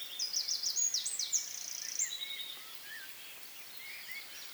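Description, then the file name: Eurasian wren song: a quick burst of sharp, high trills lasting roughly two and a half seconds, then quieter, with a few soft lower chirps. "Troglodytes troglodytes"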